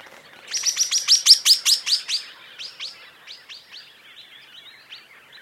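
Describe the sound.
Swift parrot calls: a rapid burst of sharp, metallic high chirps, loud at first, then trailing off into softer, scattered notes.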